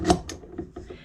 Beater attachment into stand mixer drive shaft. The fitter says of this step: up and lock it into place see